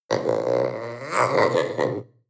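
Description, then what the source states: Panther growl: a single rough, voiced, throaty growl lasting about two seconds, swelling slightly midway before fading out. Young panther giving a short growl.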